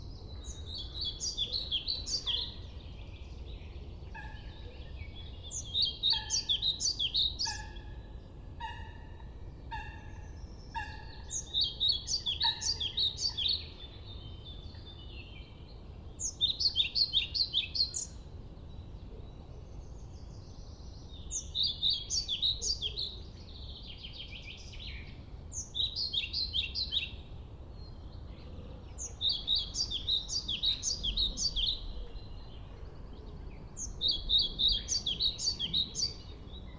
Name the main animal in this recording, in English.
European Pied Flycatcher